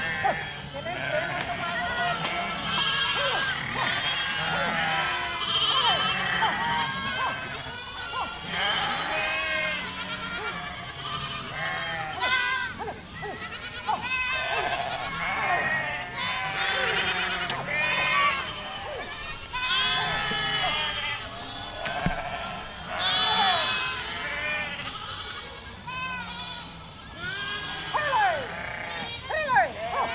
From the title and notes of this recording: These cow mooing sounds. The uninterrupted stream of cow mooing.